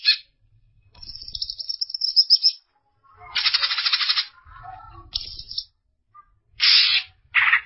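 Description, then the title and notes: Greater green leafbird song: scattered bursts of harsh buzzy notes and thin high trills, separated by silent gaps, with a soft low rumble underneath. Champion songbird. "Kicau Burung Cucak Ijo Juara. Suara kicauan burung cucak ijo"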